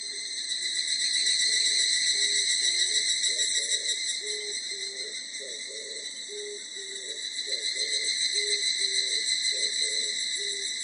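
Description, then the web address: Evening cicada call, continuous shimmering metallic trill with bright high tones, rising and falling in loudness, while short low notes repeat steadily underneath. Recorded 24 July 1999. "1999 990724 higurasi"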